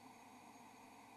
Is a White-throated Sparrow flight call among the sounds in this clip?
no